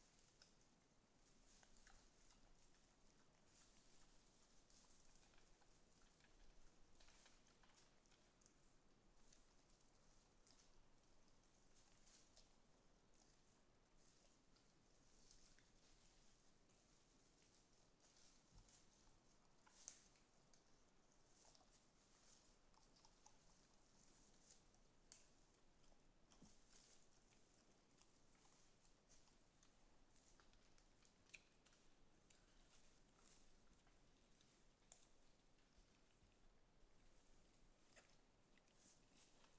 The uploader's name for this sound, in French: Un Sanglier viens se restaurer